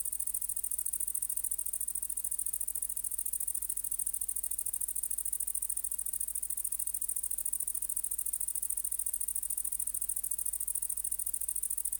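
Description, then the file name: Great green bush-cricket song, an insistent very high, sizzling trill of rapid regular pulses, unchanging from start to finish, with a faint low hum beneath. "Tettigonia viridissima"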